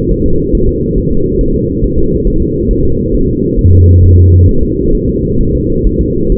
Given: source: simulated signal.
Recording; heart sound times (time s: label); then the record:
fetal heart sounds
0.12 s: S1
0.26 s: S2
0.55 s: S1
0.69 s: S2
0.98 s: S1
1.12 s: S2
1.41 s: S1
1.55 s: S2
1.84 s: S1
1.98 s: S2
2.28 s: S1
2.42 s: S2
2.71 s: S1
2.85 s: S2
3.14 s: S1
3.29 s: S2
3.59 s: S1
3.73 s: S2
4.04 s: S1
4.18 s: S2
4.49 s: S1
4.63 s: S2
4.95 s: S1
5.09 s: S2
5.41 s: S1
5.55 s: S2
5.87 s: S1
6.01 s: S2
6.32 s: S1
From the record:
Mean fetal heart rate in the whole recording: 135 bpm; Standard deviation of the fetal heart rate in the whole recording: 3 bpm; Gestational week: 36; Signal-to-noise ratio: -16.4 dB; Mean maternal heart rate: 72 bpm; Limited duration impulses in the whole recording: present